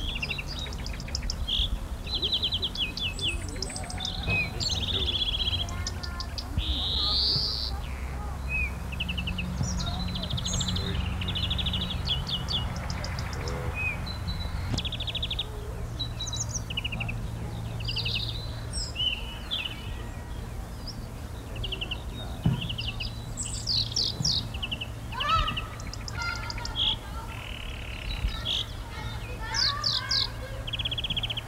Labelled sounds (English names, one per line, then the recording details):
European Greenfinch
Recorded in the wild
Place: Gegendtal, Kärnten, AT
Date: 1968-04-15
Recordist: Brunner, Thomas